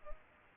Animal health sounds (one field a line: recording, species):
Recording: mosquito wingbeat signal from an infrared sensor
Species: Culex pipiens